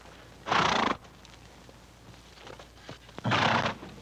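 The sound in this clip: Horse snorts: two forceful, breathy blasts of air, each about half a second long, with quiet shuffling between.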